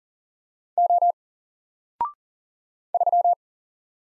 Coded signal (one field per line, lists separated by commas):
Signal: Morse code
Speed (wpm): 42 wpm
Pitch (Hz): 700 Hz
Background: none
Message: O 3